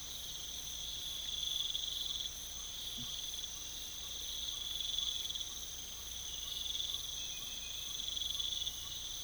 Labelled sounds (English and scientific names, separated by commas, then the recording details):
none
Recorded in pastures near Puerto Asís, Putumayo, Colombia, on 21 December 2024 at 04:00
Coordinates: 0.486, -76.323
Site GP01